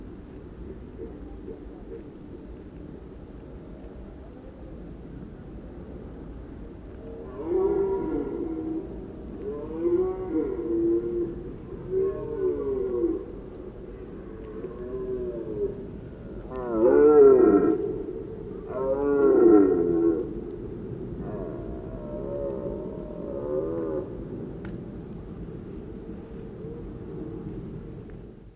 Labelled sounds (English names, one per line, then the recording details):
Red Deer call
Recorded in the wild
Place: Glowe, Insel Rügen, Mecklenburg-Vorpommern, DE
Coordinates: 54.566, 13.447
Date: 1977-09-24 19:00
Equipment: Nagra III BH, Sennheiser MD 21, parabola
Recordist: Schubert, Michael
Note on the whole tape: Hirsch zieht dichter heran